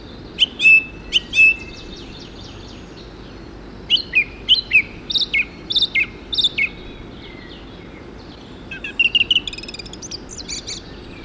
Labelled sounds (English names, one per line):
Song Thrush song